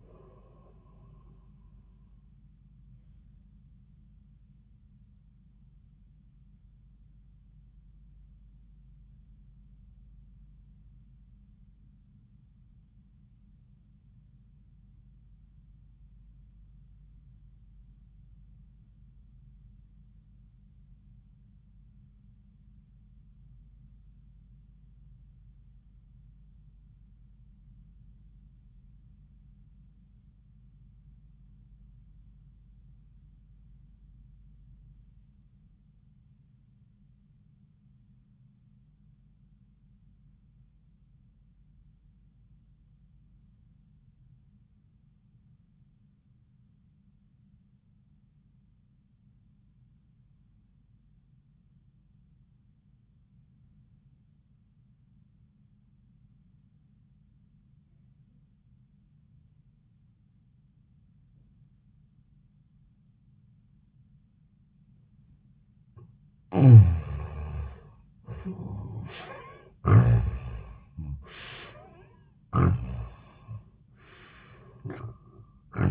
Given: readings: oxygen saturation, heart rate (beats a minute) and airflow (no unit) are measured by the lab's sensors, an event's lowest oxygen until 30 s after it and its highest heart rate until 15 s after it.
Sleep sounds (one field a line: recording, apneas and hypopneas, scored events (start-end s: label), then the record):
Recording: breathing in sleep by a smartphone at the bedside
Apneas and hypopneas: 1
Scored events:
9.00-65.60 s: obstructive apnea (REM, oxygen 92% highest, then 62% lowest, heart rate 67 at the start, 93 highest)
56.00-75.91 s: new sleep stage, N1 (lightest sleep)
From the record:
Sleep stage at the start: REM sleep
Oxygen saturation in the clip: 64 to 92%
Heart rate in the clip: 58 to 93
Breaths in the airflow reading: 4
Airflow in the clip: -17.4 to 14.2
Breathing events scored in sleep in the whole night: 400 in 8.7 hours asleep